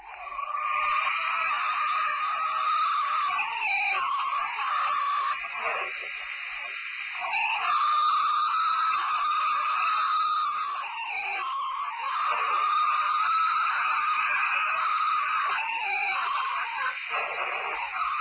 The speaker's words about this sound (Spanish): fue la primera gran grabación de un Bigfoot que se había conseguido el sonido